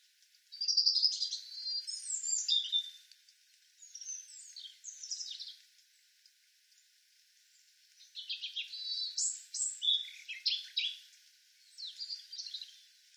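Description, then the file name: European robin delivering quick, variable high warbles and trills in several phrases, with a long pause midway. "Erithacus rubecula"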